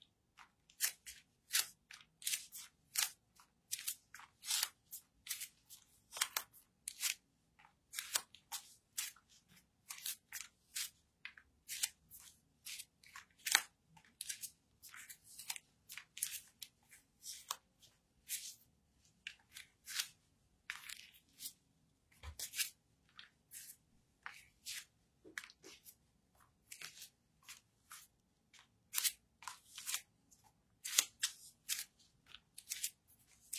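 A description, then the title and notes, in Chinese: Bare feet step steadily for the whole stretch, each footfall a short, crisp slap or peel, falling irregularly about two or three times a second. Some steps land harder than others. A faint low hum sits underneath throughout. 赤脚 裸足 足音 助眠 白噪音。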